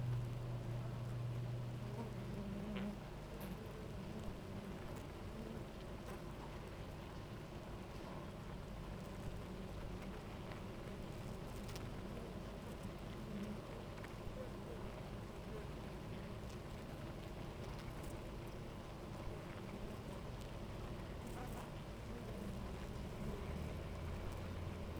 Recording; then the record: honeybee colony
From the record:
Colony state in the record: active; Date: 28 July 2017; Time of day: 10:58